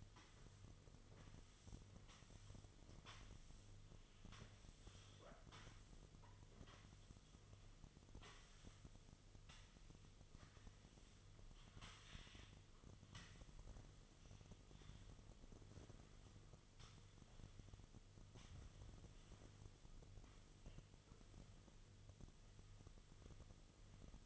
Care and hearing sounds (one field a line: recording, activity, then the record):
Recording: daily activity, microphone in the room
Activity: sweep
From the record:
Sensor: 4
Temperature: 26.3 degrees Celsius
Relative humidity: 32.1%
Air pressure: 1005.6 hPa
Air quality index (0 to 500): 110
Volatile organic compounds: 3 ppm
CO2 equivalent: 1367 ppm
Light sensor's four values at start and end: 12/28/11/10 and 13/29/11/11